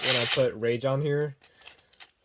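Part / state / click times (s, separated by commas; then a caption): spinning top onto string launcher / not seated / none. Someone talks for about the first 1.3 seconds while trying to attach a plastic Beyblade Burst QuadDrive spinning top to a plastic string launcher. Two faint, brief taps follow at about 1.7 and 1.9 seconds. The top does not catch or lock onto the launcher, and nothing has seated or clicked yet.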